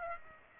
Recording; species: mosquito wingbeat signal from an infrared sensor; Aedes aegypti